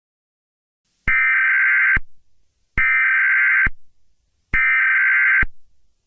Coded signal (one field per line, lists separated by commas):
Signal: Emergency Alert System (SAME) tones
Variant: header bursts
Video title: EAS Scenario 7: Skibidi Toilet